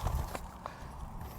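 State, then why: Not seated. Someone handles one of the extendable support rods on a Rywell three-level collapsible outdoor cat enclosure, pulling it out toward its locking point. Low rumbling handling noise and a couple of brief taps are heard. Nothing has seated or clicked yet; the rod is not yet home.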